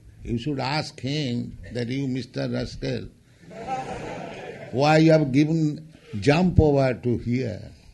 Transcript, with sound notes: You should ask him that "You, Mr. Rascal, [laughter] why you have given, 'Jump over to here'?